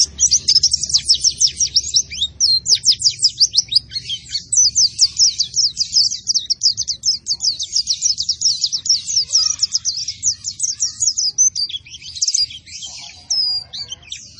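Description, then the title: White-eye song, a lively run of high, thin chirps and quick trills that keeps going steadily, slightly looser toward the end. Vigorously singing ('gacor') bird, said to be fed only banana and given no doping. "Pleci Gacor Tanpa Doping Hanya Pake Pisang"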